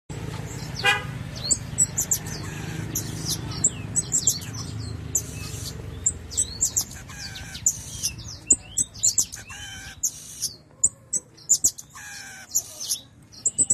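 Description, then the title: Red-throated parrotfinch calls: many thin, very high chirps and short tsit notes, irregular and often in quick bursts, with a low rumble in the first half. "Erythrura Psittacea"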